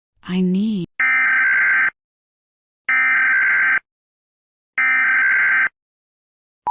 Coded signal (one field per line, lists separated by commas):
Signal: Emergency Alert System (SAME) tones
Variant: header bursts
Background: speech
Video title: EAS - CME (Part I)